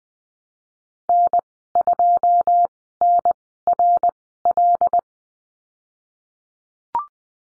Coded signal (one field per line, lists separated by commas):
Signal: Morse code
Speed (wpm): 20 wpm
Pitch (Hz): 700 Hz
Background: none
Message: N2NRL